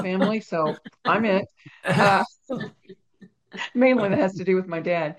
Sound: laughs

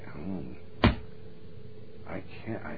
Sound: hands slap

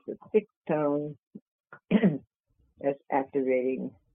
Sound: clears throat

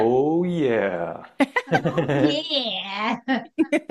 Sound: laughs

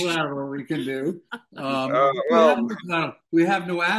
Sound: laughs

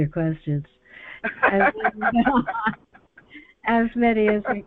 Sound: laughs

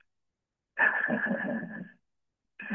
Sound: laughs

